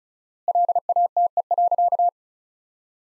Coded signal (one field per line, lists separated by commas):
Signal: Morse code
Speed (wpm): 36 wpm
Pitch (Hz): 700 Hz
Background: none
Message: LATE.